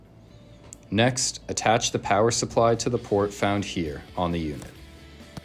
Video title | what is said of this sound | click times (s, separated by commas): Ice Machine | attach the desired pad to the hose you should hear this click into place | 0.7 s